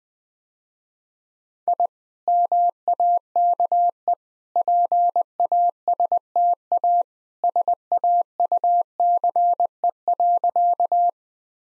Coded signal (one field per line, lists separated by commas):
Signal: Morse code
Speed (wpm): 20 wpm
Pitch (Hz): 700 Hz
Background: none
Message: I MAKE PASTA SAUCE.